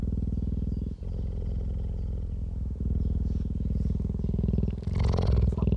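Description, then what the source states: Cheetah purr, a continuous low throbbing rumble with a brief break near one second and a slightly louder, rougher stretch late on. Adult cheetah.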